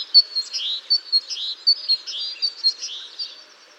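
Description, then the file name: Great tit giving a rapid, rhythmic string of high two-part notes, repeated many times. "Parus major"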